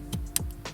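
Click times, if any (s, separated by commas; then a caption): 0.4 s. A plastic solar panel cable connector, its wire pulled back slightly in the crimped connection, is pushed into its mating plug under a van bed. A sharp click at 0.4 s shows it seating, unlike earlier tries that would not click, with a few softer ticks around it. The connector is now seated.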